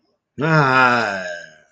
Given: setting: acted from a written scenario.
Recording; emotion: vocal sound without words; positive surprise